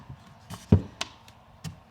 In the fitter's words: push it back through, and it'll kind of click into place and kind of be even on both sides.